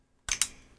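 A left detachable controller is slid onto the rail of a Nintendo Switch handheld console while the on-screen attach indicator is watched. After a short silence, two sharp plastic snaps ring out at 0.3 s and 0.4 s, the second louder, then fade. The controller seats onto the console.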